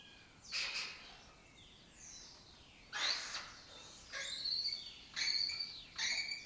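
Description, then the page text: Lesser kestrel giving harsh, rasping calls in five separate short outbursts, with fainter chattering between them. Breeding colony in an abandoned building complex in Doñana; migratory raptor that forages in West Africa and breeds in southern Europe. "Lesser Kestrels Took Over an Abandoned Building. A migratory raptor wich spends its foraging time in West Africa and breeds in southern Europe. Here in Doñana"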